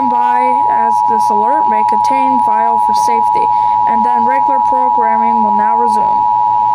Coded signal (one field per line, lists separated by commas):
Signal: Emergency Alert System (SAME) tones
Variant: 853 and 960 Hz attention tone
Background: speech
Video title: EAS Scenario: The World's Gone Beautiful